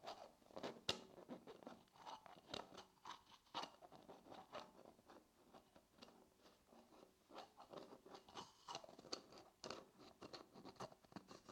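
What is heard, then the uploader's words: Play foam is squished and pulled, making dense, irregular sticky crackles and soft squelches that run through the whole stretch. Bursts come in quick clusters with brief pauses, bright and crisp at the top, and a sharp snap stands out near the first second. ASMR Play Foam for Tingles Squishing and Sticky Sounds.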